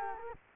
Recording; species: mosquito wingbeat signal from an infrared sensor; Culex quinquefasciatus